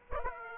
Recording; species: mosquito wingbeat signal from an infrared sensor; Aedes aegypti